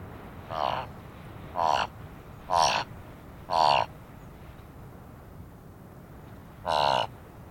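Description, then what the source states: Thick-billed raven uttering a series of five hoarse croaks, four spaced about one second apart, then a pause before a final call. Several thick-billed ravens flying around and calling at a carcass on the Sanetti Plateau, Ethiopia; recorded with a Sennheiser microphone.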